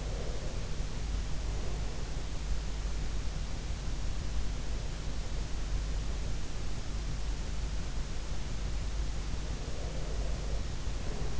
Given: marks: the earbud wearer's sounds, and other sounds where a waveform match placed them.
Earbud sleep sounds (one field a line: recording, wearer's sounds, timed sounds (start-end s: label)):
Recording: sounds in sleep by an in-ear microphone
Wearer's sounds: breath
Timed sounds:
0.00-1.98 s: breath
9.55-11.40 s: breath